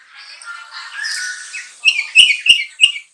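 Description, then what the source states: Sooty-headed bulbul song: a soft warbled whistle, then a few bright, sharp chirps in quick succession. Song style termed trucukan.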